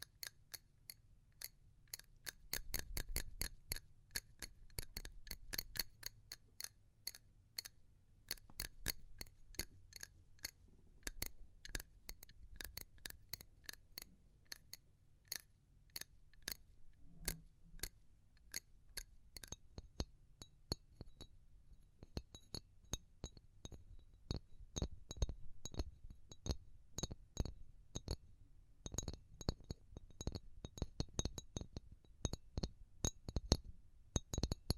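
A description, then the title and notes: Fingertip tapping on a hard surface, sharp bright clicks with a glassy, clinking ring. The taps come slow and spaced early on, then grow faster and denser after about twenty seconds, with a low soft rumble underneath throughout. ASMR Pure Tapping Fast and Slow (No Talking).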